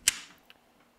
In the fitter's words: push in snap in place